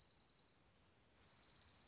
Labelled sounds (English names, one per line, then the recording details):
Dark-eyed Junco
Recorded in Sonoma County, California